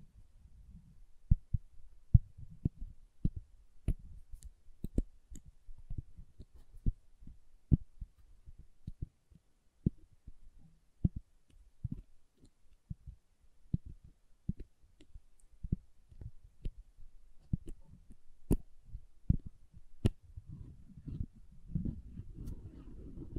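Soft and hard soap tapped and carved: dull, irregular knocks and short clicks throughout, with a low scraping rumble building in the last few seconds.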